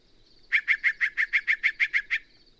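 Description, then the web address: Yellow-breasted Chat rattling out eleven evenly spaced, harsh chattering notes, with a faint high drone underneath. "birdsongforthecurious songs Yellow-breasted Chat"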